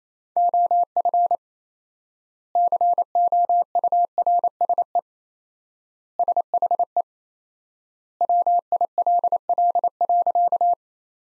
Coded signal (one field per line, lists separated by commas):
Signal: Morse code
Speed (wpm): 27 wpm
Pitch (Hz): 700 Hz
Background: none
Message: OF COURSE SHE WILL.